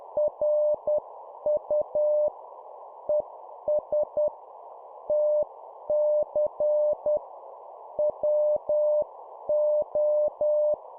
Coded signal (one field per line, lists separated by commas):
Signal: Morse code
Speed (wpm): 10 wpm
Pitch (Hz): 600 Hz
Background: none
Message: RU ES TC WO